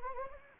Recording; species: mosquito wingbeat signal from an infrared sensor; Anopheles arabiensis